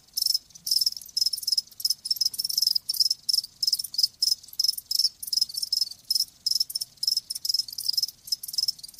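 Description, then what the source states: Cricket song: crisp high chirps in short bursts, several per second. Live crickets chirping with a lulling song.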